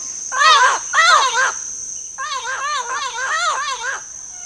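Bird calls: two loud bursts of arched, harmonic-rich notes, then a steadier run of rising-falling notes repeated several times a second, over a constant high-pitched whine.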